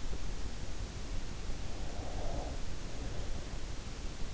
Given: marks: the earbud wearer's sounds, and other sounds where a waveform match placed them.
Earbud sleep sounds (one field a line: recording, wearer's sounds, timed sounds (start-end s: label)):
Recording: sounds in sleep by an in-ear microphone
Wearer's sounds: breath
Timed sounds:
1.94-3.52 s: breath